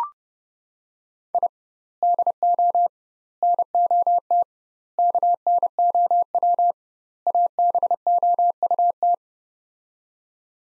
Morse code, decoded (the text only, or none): I DO NOT KNOW ABOUT